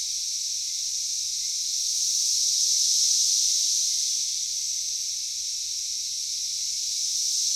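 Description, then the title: A cicada chorus gives a steady, high, buzzing hiss that rises gently to a peak midway, then eases off and builds again. Cicadas calling in a backyard in Knoxville, Tennessee, USA. "3619 Alpine Dr SE, Knoxville, TN 37920, USA - Backyard Cicadas"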